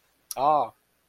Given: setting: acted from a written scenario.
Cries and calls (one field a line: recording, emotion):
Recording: vocal sound without words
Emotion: romantic love